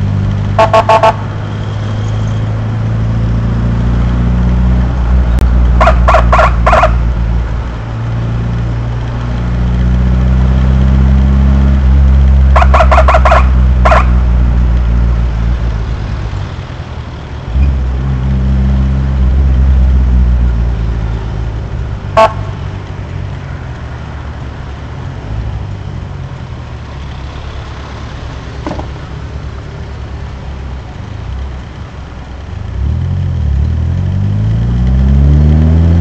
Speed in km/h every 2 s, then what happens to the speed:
39, 41, 44, 43, 43, 49, 49, 43, 36, 34, 29, 25, 20, 12, 7, 5, 7, 13.
0-12 speeds up to 49. 12-29 slows to 5. 32-36 speeds up to 13.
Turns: 25-33.